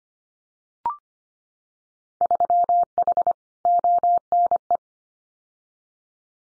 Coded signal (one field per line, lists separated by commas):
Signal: Morse code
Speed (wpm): 25 wpm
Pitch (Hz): 700 Hz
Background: none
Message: 3H ONE